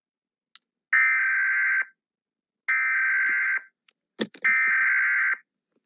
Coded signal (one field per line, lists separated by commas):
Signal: Emergency Alert System (SAME) tones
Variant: header bursts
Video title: EAS Scenario : Demon Uponus